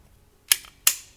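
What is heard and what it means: A tool-free aluminum quick-detach accessory mount is snapped onto a rifle's Picatinny rail, giving two sharp metallic clicks at 0.5 s and 0.9 s. The second click is louder, and the mount seats firmly on the rail.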